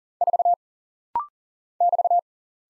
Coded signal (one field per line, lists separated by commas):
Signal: Morse code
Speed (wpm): 40 wpm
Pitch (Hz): 700 Hz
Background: none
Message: 4 <BT>